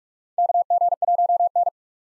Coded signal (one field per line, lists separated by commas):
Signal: Morse code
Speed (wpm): 46 wpm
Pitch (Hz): 700 Hz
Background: none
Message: KG1N